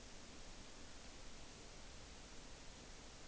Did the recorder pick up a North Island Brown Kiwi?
no